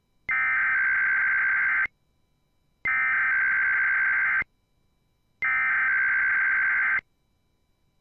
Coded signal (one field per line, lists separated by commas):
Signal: Emergency Alert System (SAME) tones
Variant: header bursts